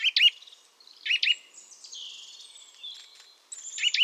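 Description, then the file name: Eurasian nuthatch calls: sharp, loud chirping notes, often paired, at the start, around one second and near the end, with thinner high sounds in between. "Sitta europaea"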